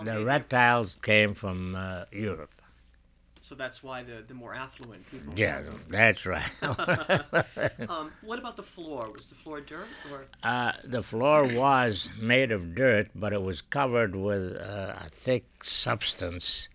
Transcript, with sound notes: The red tiles came from, uh, Europe.
So that's why the more affluent people had them.
Yeah, that's right. ( they laugh )
What about the floor? Was the floor dirt, or...
Uh, the floor was made of dirt, but it was covered with a thick substance